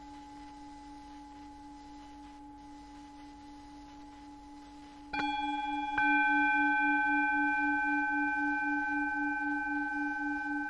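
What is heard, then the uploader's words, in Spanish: A Tibetan singing bowl hums with a steady low tone and a fainter higher one. Just past five seconds it is struck, and again at six, swelling into a louder ring with bright upper tones over a slow, pulsing wobble that holds to the end. Cuenco Tibetano. La suave vibración de la campana.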